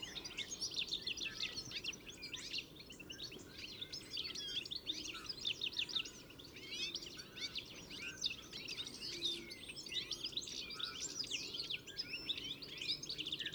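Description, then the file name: European goldfinch chatter, continuous tinkling twitters and quick rising and falling notes without pause. "Carduelis carduelis"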